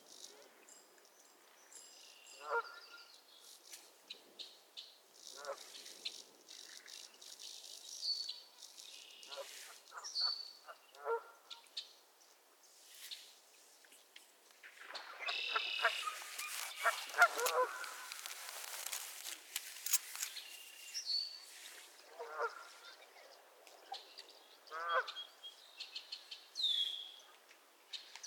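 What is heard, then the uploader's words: Geese squabble at Miner's Marsh with bursts of honking and harsh calls, loudest and densest around the middle, amid chirping birds. Geese squabbles at Miner's Marsh, Annapolis Valley, Nova Scotia.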